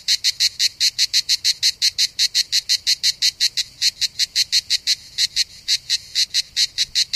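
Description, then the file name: Cicada song: a steady run of short, harsh, buzzy pulses continuing without pause throughout. Recorded 3 September 2009, around 07:33 in the morning. "Enregistrement Cigales"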